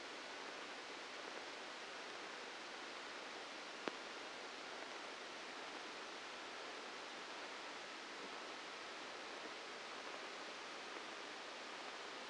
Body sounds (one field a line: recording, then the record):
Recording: brain microelectrode recording played as sound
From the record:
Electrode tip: inside the subthalamic nucleus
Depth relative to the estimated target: -1 mm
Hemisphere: left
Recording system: NeuroSet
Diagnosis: Parkinson's disease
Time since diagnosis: 8 years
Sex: male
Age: 59 years